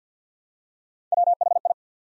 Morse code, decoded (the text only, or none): WHI